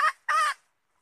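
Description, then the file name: Red junglefowl hen giving two brief harsh, nasal call notes in quick succession. Female red junglefowl (hen) calling to find a mate. "tieng ga rung mai keu tim kiem ban tinh"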